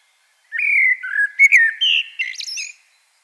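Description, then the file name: Common blackbird singing one rich, low warbled phrase that climbs into a thin, scratchy high flourish at the end. "Turdus merula"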